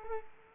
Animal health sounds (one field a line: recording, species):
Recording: mosquito wingbeat signal from an infrared sensor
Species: Culex quinquefasciatus